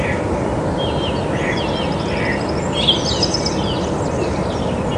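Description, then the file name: Song thrush song with short trilled and whistled phrases, a few repeated two or three times, above constant heavy low-pitched noise. "Turdus philomelos"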